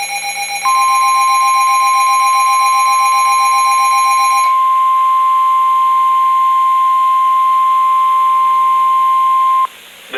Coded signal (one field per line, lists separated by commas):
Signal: Emergency Alert System (SAME) tones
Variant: 1050 Hz attention tone